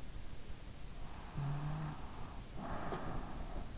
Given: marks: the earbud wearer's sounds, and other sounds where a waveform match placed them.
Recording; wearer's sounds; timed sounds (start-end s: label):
sounds in sleep by an in-ear microphone; snoring breath
1.16-3.71 s: snoring breath